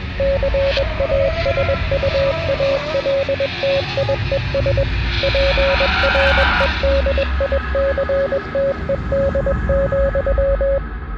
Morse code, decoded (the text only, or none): CASUALTIES PREDICTED,